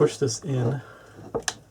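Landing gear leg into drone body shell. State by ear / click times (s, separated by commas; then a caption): seated / 1.5 s. Someone talks as the plastic landing gear leg, flexed outward, is pushed into the plastic shell of a DJI Phantom 4 drone during a shell replacement. A short soft knock at 1.4 s is followed by a sharp snap at 1.5 s as the leg seats in the shell.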